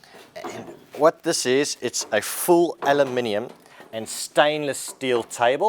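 A folding leg is being handled on an aluminium camping table frame, with a full aluminium and stainless steel table, while someone talks throughout. Nothing has seated or clicked yet, because the clip ends just before the leg locks into place.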